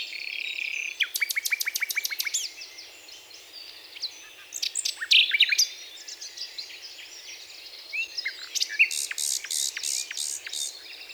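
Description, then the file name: Common nightingale song: rapid trains of sharp repeated notes, then varied whistles and chattering phrases, and another train of loud repeated notes near the end, under a steady background hiss. "Luscinia megarhynchos"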